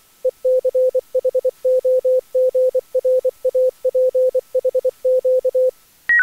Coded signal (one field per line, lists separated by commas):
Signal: Morse code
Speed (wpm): 23 wpm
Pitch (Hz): 510 Hz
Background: none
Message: ECHOGRAPHQ